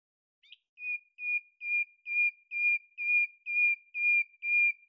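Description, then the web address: Bird call: a clear whistled note repeated nine times at an even pace, about two per second, on a quiet background. "Deverinetal 2025"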